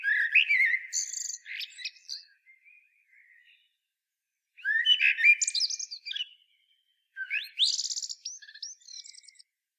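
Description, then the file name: Common blackbird singing three phrases of mellow, fluting whistles that end in shrill, buzzy high twitters, with brief pauses between phrases and nothing else audible. "Turdus merula"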